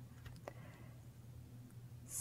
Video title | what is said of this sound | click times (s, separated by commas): Learn how to create the Give a Dog a Bone Bracelet by Fusion Beads | You're gonna hear a little snap, you know it's back in place. | 0.5 s